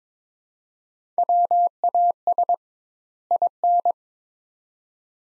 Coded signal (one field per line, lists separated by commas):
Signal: Morse code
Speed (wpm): 22 wpm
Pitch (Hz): 700 Hz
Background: none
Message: WAS IN